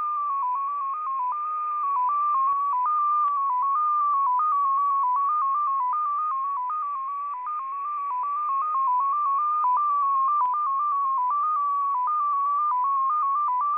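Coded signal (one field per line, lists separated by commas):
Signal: numbers station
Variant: XPA2 MFSK data mode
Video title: XPA2 Data Mode 27/09/2023 0910 UTC 18206kHz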